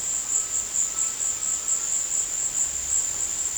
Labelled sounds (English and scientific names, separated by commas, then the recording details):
none
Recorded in dense forest near Puerto Asís, Putumayo, Colombia, on 22 December 2024 at 14:30
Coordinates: 0.484, -76.325
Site G056